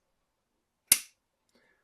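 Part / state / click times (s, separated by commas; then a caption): quick-release shoe into tripod head clamp / seated / 0.9 s. A metal quick-release shoe is pushed onto a tripod head clamp, with the clamp screw backed off because the shoe jams otherwise. A single sharp, bright click sounds at 0.9 s as the latch catches, followed by a faint tail and near silence. The shoe seats and locks into the clamp, ready to be tightened.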